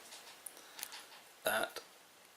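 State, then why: Not seated. Someone handles the slide lock on the gate of a small metal carabiner-style clip, sliding the locking mechanism toward the position where it locks over the gate. Faint handling ticks come near 0.5 s and 0.8 s, and someone talks briefly around 1.5 s. Nothing has seated or clicked into place yet.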